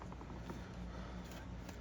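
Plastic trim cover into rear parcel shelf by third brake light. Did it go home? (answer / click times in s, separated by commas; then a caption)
no / none. A plastic trim cover is picked up and positioned, back edge first, into the rear parcel shelf beside the third brake light of a 2019-2024 BMW 33i before being pressed home. Only light handling sounds are heard: faint ticks near 0.0, 0.1, 0.2 and 0.5 seconds over a steady low hum. Nothing has seated or clicked yet.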